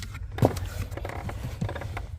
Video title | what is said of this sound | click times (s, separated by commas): C7 Audi A6 3.0T Project : Sport Pedals & Textile Floormats Install | Yeah, and you'll hear it. You'll hear it snap into place. | 0.4 s